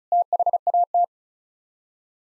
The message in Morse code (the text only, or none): THAT